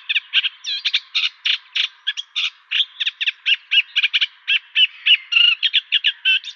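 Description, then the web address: Eurasian reed warbler song: rapid chattering run of harsh, repeated churring notes, steady and continuous. "Schulze Peter Reed Warbler song"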